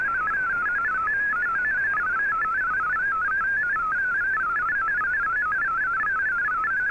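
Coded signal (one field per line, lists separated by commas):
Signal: multi-tone FSK (Olivia or MFSK type)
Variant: MFSK32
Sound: rapid warbling tone jumping between many close pitches, like a fast melodic chirping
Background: radio static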